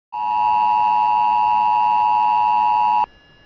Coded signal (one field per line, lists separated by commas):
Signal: Emergency Alert System (SAME) tones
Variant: 853 and 960 Hz attention tone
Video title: (FOUND) Florida AMBER Alert on WAHC #flamber || 11/27/22 (EAS # 1541)